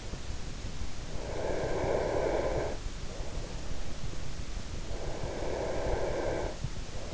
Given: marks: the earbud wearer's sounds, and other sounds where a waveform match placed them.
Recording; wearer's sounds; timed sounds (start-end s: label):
sounds in sleep by an in-ear microphone; snoring breath
1.16-2.91 s: snoring breath
4.75-6.69 s: snoring breath